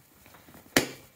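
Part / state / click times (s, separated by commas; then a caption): motorcycle seat latching onto the frame / seated / 0.8 s. The seat of a Honda Navi motorcycle is slid forward and pressed down at the rear over the latch, trapping the helmet strap to lock the helmet to the bike. After faint low handling noises, a sharp, loud snap at 0.8 s marks the seat latching shut onto the frame, followed by a brief ringing decay.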